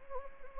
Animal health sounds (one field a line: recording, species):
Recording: mosquito wingbeat signal from an infrared sensor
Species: Anopheles gambiae